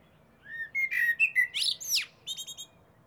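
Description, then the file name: Common blackbird singing: mellow fluted warbling phrase rising into a harsh squeaky burst, then a short run of thin high twittering notes. "Turdus merula"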